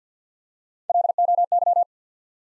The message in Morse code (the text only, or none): LOY